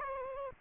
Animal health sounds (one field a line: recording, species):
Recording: mosquito wingbeat signal from an infrared sensor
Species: Aedes aegypti